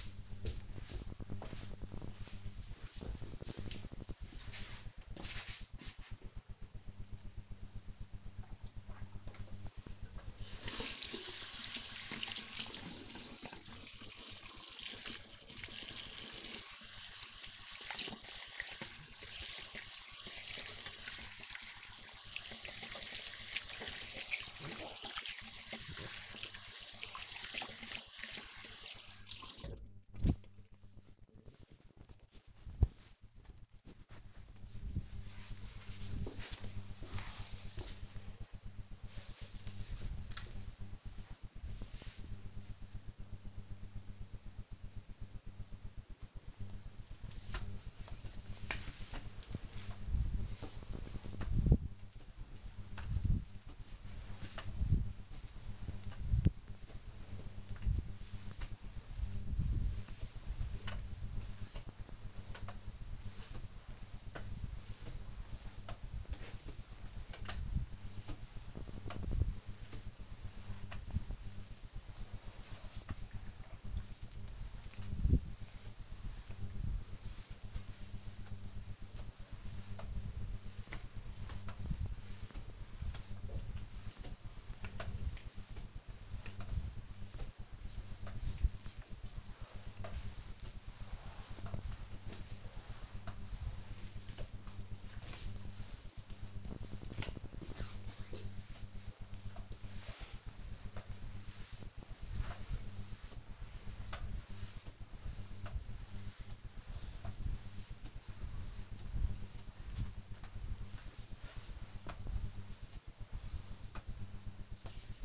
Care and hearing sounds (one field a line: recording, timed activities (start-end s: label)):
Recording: household activities, microphone on the right wrist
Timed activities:
8.95-32.13 s: washing hands
45.24-115.25 s: floor cleaning